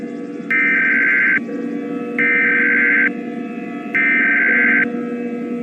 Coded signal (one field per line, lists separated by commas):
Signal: Emergency Alert System (SAME) tones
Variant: header bursts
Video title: EAS Scenario - The Ultimate Hurricane: REMASTERED